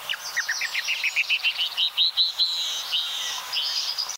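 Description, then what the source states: Canyon wren female call, a rapid series of short chattering notes rising in pitch, then becoming a blurred trill. Female canyon wren; call strikingly different from the male's, possibly so the sexes can tell each other apart.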